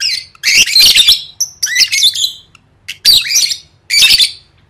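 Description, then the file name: Lovebird squawks: loud, rasping shrieks in four bursts, each mixing grating and squealing notes, separated by brief pauses. "tieng vet mau don"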